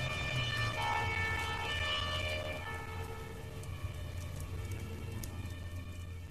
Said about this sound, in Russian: Вдалеке выла сирена пожарной машины.